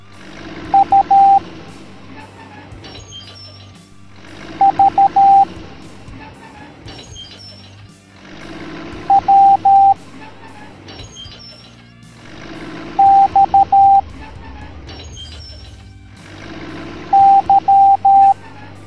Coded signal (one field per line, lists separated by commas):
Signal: Morse code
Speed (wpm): 13 wpm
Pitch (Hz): 790 Hz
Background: music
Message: U V W X Y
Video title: Monster Trucks Teaching the Morse Code Alphabet Educational Video for Kids